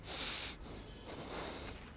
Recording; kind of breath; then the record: one breath in and out by a microphone near the nose and mouth; deep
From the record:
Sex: male